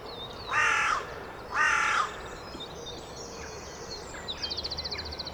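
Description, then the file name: Carrion crow giving two harsh caws about a second apart, followed by faint chirping and a brief rapid trill from other birds. "Corvus corone"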